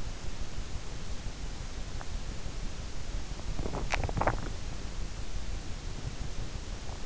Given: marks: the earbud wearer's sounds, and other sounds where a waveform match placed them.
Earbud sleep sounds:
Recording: sounds in sleep by an in-ear microphone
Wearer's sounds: swallowing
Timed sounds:
3.58-4.68 s: swallowing

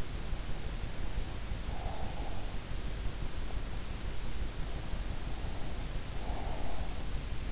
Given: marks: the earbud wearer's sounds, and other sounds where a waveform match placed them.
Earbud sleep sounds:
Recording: sounds in sleep by an in-ear microphone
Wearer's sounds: breath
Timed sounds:
1.02-2.72 s: breath
5.91-7.52 s: breath

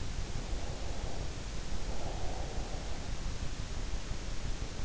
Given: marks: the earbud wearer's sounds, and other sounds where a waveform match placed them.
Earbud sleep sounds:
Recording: sounds in sleep by an in-ear microphone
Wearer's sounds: breath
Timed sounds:
0.29-3.25 s: breath

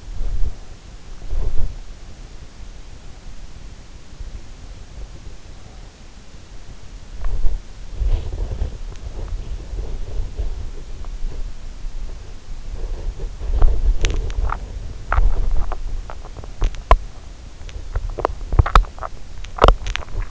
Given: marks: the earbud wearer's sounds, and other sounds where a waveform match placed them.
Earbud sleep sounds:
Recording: sounds in sleep by an in-ear microphone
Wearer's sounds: body movement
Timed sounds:
0.00-1.90 s: body movement
6.63-20.31 s: body movement

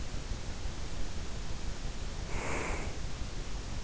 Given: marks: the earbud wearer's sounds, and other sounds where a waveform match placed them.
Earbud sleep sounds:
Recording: sounds in sleep by an in-ear microphone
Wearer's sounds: breath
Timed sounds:
2.11-3.09 s: breath

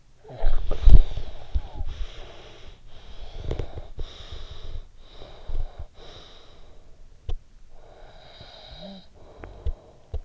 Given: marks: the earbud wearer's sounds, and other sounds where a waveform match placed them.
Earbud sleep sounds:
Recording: sounds in sleep by an in-ear microphone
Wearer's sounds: snoring breath, breath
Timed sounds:
0.00-2.85 s: snoring breath
2.85-7.14 s: breath
7.65-10.25 s: breath

